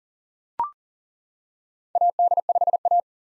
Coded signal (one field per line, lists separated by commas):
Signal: Morse code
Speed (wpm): 40 wpm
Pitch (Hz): 700 Hz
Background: none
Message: AD5A